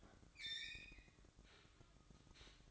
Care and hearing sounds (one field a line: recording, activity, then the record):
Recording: daily activity, microphone in the room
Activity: open fridge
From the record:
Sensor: 3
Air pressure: 1007.7 hPa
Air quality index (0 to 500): 62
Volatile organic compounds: 1 ppm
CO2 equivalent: 616 ppm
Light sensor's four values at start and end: 13/31/13/13 and 13/31/13/13